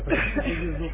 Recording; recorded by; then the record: voluntary cough; telephone call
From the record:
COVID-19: positive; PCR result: checked with the laboratory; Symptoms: no